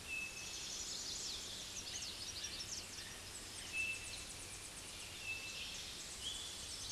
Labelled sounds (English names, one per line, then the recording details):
Tennessee Warbler song
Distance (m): 65 m
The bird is about 10 m above the microphone
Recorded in a Pennsylvania forest on 16 May 2024 at 06:41
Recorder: AudioMoth, point MSD-2039
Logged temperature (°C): 15.0 °C
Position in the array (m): 31 m, 136 m